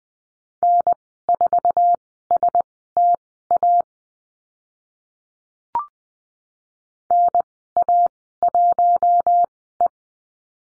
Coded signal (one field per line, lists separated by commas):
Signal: Morse code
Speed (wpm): 20 wpm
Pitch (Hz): 700 Hz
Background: none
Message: N4STA NA1E